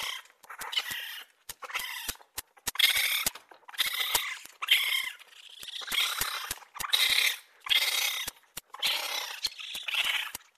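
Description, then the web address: Raccoon chittering: a series of raspy, whining bursts, each roughly half a second to a second long, separated by short gaps and dry ticking clicks. "енот"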